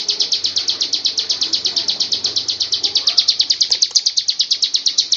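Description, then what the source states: Lovebird delivering a continuous ngekek chatter of high harsh notes pulsing rapidly without a break throughout. Lovebird performing a long ngekek song.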